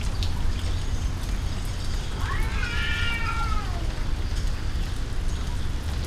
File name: Kuba in a cat fight outside in the rain and thunder